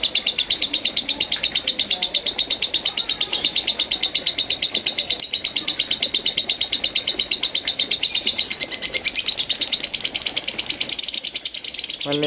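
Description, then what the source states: Lovebird chattering nonstop in a dense, buzzy stream of high chirps. Konslet song style.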